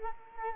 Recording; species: mosquito wingbeat signal from an infrared sensor; Culex quinquefasciatus